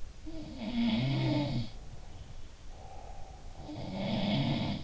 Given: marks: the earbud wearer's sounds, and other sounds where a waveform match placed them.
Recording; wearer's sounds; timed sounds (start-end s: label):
sounds in sleep by an in-ear microphone; breath
0.28-4.84 s: sound from someone else or the room
1.70-3.46 s: breath